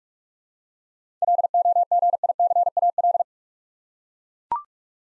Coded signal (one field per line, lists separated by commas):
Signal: Morse code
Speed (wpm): 41 wpm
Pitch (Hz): 700 Hz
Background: none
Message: LOGICAL